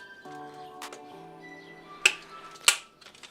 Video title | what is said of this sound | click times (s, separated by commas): Threezero Transformers: War For Cybertron Trilogy DLX Megatron (ReRelease) Review | So, you're going to hear it snap in. | 2.1 s, 2.7 s